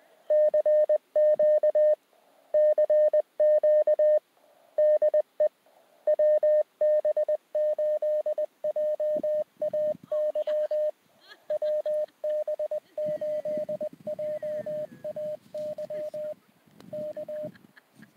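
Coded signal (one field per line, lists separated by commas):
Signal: Morse code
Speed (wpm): 20 wpm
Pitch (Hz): 610 Hz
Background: radio noise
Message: CQ CQ DE WB8JAY WB8JAY K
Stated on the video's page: Portable QRP station with a wire antenna tossed into a tree at a lake park dog park.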